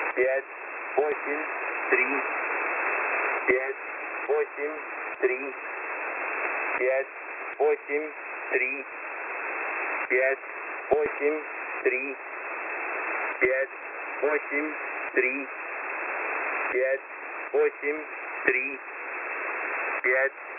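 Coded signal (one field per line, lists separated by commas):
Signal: numbers station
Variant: S06b Russian Man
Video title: S06b Russian Man 26/10/2022 1425 UTC 12203kHz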